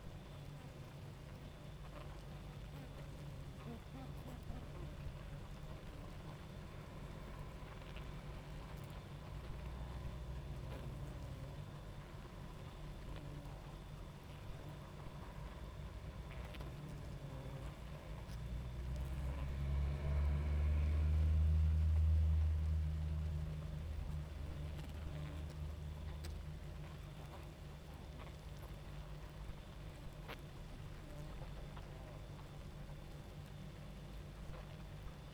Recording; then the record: honeybee colony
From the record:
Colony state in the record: active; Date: 28 July 2017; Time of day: 23:10